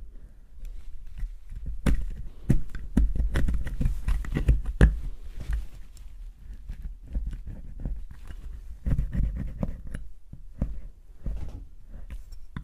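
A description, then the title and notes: Soap carving, with a steady run of short scraping and crisp cutting strokes packed closely together. The strokes are dense and uneven, with clusters of sharper clicks and thuds around two to five seconds and again near nine to ten seconds, over a low rumble. ASMR Soap Carving. Relaxing soap cutting sounds.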